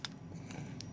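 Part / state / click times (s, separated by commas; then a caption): slide stop in a 1911 pistol frame and slide / not seated / none. The metal slide stop pin of a Colt Lightweight Commander 1911 .45 ACP pistol, already pushed through the frame, is slid up toward its seated position in the frame and slide. Faint handling noise is broken by brief sharp ticks at about 0.1 s and 0.8 s. Nothing has seated or clicked yet.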